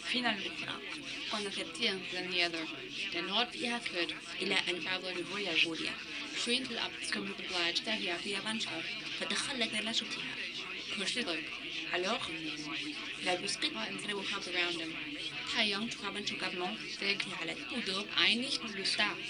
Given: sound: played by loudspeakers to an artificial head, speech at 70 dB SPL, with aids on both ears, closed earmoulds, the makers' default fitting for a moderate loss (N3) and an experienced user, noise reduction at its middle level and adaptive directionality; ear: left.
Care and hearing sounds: speech test signal (ISTS) in cocktail-party noise; +6 dB; in front (0 degrees)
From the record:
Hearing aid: class 2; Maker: D

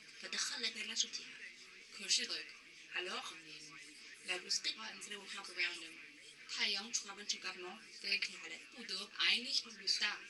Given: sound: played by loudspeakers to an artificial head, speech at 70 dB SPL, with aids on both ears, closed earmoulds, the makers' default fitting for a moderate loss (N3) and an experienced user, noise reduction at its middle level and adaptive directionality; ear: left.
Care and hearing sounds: speech test signal (ISTS) in cocktail-party noise; +9 dB; on the right (90 degrees)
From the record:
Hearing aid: class 2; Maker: H

